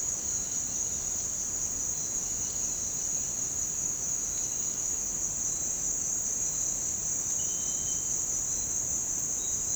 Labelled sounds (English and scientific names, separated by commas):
none